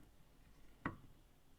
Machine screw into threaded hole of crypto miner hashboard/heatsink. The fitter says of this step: there's the click now i i screw it a bit